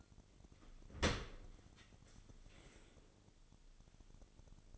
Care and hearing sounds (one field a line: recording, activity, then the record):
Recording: daily activity, microphone in the room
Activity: open dishwasher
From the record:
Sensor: 4